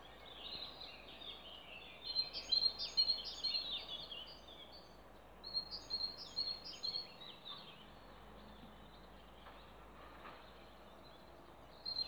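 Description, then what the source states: Songbird song of quick high chirps and trills in two separate phrases, with quieter twittering and a steady background hiss. Recorded 29 April 2020 in Ježdovec scrubland, at Rakitje lake and in Stupnik forest.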